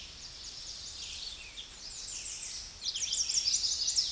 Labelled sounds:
American Redstart (Setophaga ruticilla) song
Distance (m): 20 m
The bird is about 5 m above the microphone
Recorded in a Pennsylvania forest on 16 May 2024 at 09:02
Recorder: AudioMoth, point MSD-0263
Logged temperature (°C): 16.0 °C
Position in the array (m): 101 m, 227 m

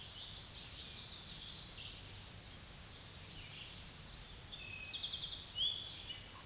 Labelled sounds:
Eastern Towhee (Pipilo erythrophthalmus) song
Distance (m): 40 m
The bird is about level with the microphone
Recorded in a Pennsylvania forest on 16 May 2024 at 06:09
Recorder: AudioMoth, point MSD-2083
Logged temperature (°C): 16.7 °C
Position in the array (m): 106 m, 6 m

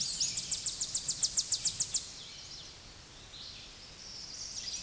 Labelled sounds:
Tennessee Warbler (Leiothlypis peregrina) song
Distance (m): 30 m
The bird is about 25 m above the microphone
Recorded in a Pennsylvania forest on 16 May 2024 at 09:52
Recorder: AudioMoth, point MSD-0407
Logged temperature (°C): 15.8 °C
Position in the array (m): 62 m, 176 m

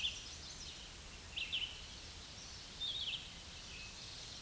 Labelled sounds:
Red-eyed Vireo (Vireo olivaceus) song
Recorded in a Pennsylvania forest on 16 May 2024 at 07:41
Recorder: AudioMoth, point MSD-0192
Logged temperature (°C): 16.0 °C
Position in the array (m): 142 m, 43 m

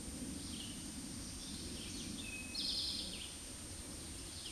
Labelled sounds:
Eastern Towhee (Pipilo erythrophthalmus) song
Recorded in a Pennsylvania forest on 16 May 2024 at 09:47
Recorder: AudioMoth, point MSD-2083
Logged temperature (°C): 16.7 °C
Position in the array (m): 108 m, 8 m

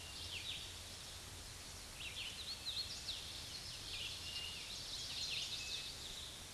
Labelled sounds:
Hooded Warbler (Setophaga citrina) song
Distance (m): 70 m
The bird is about 10 m above the microphone
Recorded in a Pennsylvania forest on 16 May 2024 at 06:32
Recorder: AudioMoth, point MSD-2456
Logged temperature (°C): 16.4 °C
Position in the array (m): 131 m, 112 m

